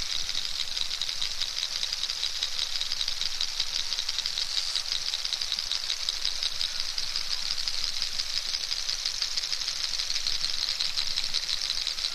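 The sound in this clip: Narwhal clicking: fast, even trains of crisp clicks running without pause over a hissing background.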